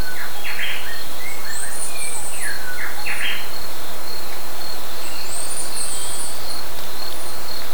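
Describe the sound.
Bird calls: short chirping notes in small clusters throughout, over a steady high insect-like drone and constant loud hiss.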